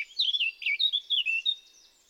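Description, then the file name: Eurasian blackcap song: a fluent, rapid warbling phrase of sweet slurred notes lasting under two seconds, then fading out. "Sylvia atricapilla"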